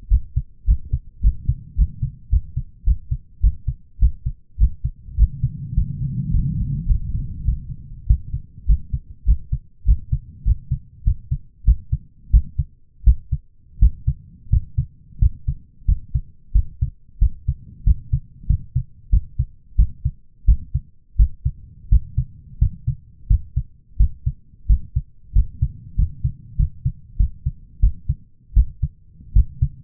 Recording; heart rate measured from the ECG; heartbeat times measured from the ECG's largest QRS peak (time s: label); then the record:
heart sounds by stethoscope; 94 bpm
0.09 s: heartbeat
0.65 s: heartbeat
1.21 s: heartbeat
1.76 s: heartbeat
2.30 s: heartbeat
2.84 s: heartbeat
3.41 s: heartbeat
3.99 s: heartbeat
4.58 s: heartbeat
5.16 s: heartbeat
5.74 s: heartbeat
6.30 s: heartbeat
6.86 s: heartbeat
7.44 s: heartbeat
8.06 s: heartbeat
8.66 s: heartbeat
9.25 s: heartbeat
9.85 s: heartbeat
10.44 s: heartbeat
11.04 s: heartbeat
11.64 s: heartbeat
12.30 s: heartbeat
13.04 s: heartbeat
13.79 s: heartbeat
14.49 s: heartbeat
15.19 s: heartbeat
15.85 s: heartbeat
16.52 s: heartbeat
17.19 s: heartbeat
17.84 s: heartbeat
18.47 s: heartbeat
19.10 s: heartbeat
19.76 s: heartbeat
20.45 s: heartbeat
21.16 s: heartbeat
21.89 s: heartbeat
22.58 s: heartbeat
23.27 s: heartbeat
23.97 s: heartbeat
24.67 s: heartbeat
25.33 s: heartbeat
25.95 s: heartbeat
26.56 s: heartbeat
27.17 s: heartbeat
27.80 s: heartbeat
28.53 s: heartbeat
29.33 s: heartbeat
From the record:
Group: healthy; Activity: rest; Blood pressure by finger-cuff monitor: 161/111 mmHg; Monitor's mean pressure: 123 mmHg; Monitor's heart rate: 91 bpm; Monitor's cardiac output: 7.4 L/min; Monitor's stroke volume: 78 mL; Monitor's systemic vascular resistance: 1200 dyn s/cm5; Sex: male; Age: 23 years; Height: 179 cm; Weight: 87 kg